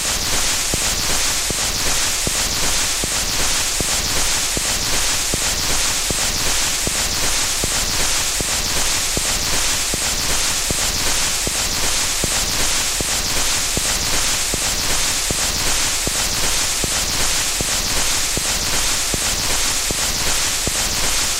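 Surface static from an old 78 rpm shellac record: a steady, dense hiss that is brightest in the high range, with crackles and soft ticks scattered throughout. Faint regular clicks recur about every second or so as the disc turns. The level stays even for the whole recording.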